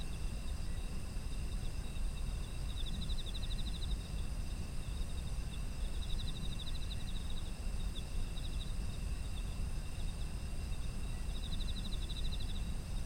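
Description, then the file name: Insect trilling with short, high, pulsing bursts about every four seconds over constant low rumbling background noise. Autumn insect ambience. "秋の虫の環境音"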